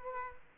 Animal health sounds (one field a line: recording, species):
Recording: mosquito wingbeat signal from an infrared sensor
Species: Culex quinquefasciatus